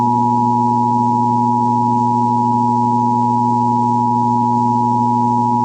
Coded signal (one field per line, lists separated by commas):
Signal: Emergency Alert System (SAME) tones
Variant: 853 and 960 Hz attention tone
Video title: The Infection (EAS Scenario)